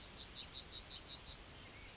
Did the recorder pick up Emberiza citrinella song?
yes